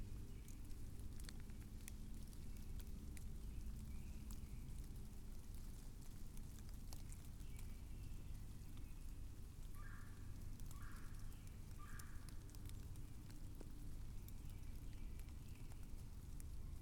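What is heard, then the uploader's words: Steady spring rain falls through an oak-hickory forest, a dense, even patter with scattered sharper drips. A deep, constant rumble fills the low end throughout. Faint bird calls surface now and then, with a short run of repeated notes around ten to thirteen seconds. Spring Lake Woods & Bog. Soft oak-hickory forest with April showers.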